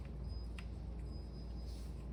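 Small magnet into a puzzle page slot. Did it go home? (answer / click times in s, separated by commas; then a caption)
no / none. A small magnet, flipped to the correct orientation, is handled near a slot in a puzzle page that already holds another magnet. Low hum and faint handling noises fill the clip, with one short tap at 0.6 s. Nothing has seated or clicked yet; the clip ends just before the magnet goes home.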